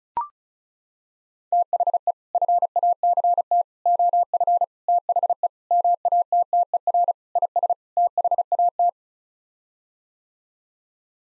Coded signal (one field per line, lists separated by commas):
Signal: Morse code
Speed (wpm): 36 wpm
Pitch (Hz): 700 Hz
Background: none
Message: THE FACT OF THE MATTER IS THAT